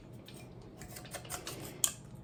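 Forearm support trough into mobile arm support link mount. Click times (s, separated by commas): 1.8 s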